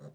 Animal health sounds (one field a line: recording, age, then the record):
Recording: pig call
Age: piglet (1 to 25 days)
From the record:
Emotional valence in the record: negative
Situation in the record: short isolation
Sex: female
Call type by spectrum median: low-frequency call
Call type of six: low-frequency stable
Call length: 0.15 s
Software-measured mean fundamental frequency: 50 Hz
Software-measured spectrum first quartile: 155 Hz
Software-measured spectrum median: 277 Hz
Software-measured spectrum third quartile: 603 Hz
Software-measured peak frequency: 147 Hz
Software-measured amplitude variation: 135 dB a second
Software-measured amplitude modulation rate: 3.3 a second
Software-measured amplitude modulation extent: 40.2 dB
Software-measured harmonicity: 1.2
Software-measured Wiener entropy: 0.10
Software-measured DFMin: 1151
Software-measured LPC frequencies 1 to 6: 460, 1278, 3952, 4647, 5692, 6898 Hz